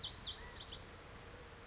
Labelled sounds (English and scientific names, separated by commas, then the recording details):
California Quail (Callipepla californica)
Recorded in Sonoma County, California